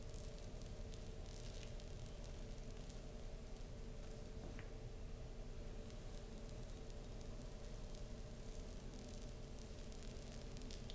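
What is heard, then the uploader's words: A slow, gentle back scratch with soft fabric rustling, a steady low rubbing texture throughout with faint crisp scratches scattered across the top. Slow, gentle back scratch with fabric sounds no whisper.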